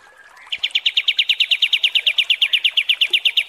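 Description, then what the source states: Striated Grassbird: kapas tembak song: an unbroken series of brisk, sharp notes in rapid repetition after a quiet start. Masteran tutoring recording of kapas tembak song.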